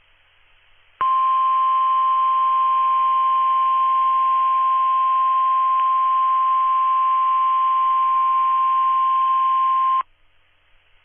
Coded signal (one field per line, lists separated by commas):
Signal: Emergency Alert System (SAME) tones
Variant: 1050 Hz attention tone